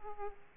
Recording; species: mosquito wingbeat signal from an infrared sensor; Aedes aegypti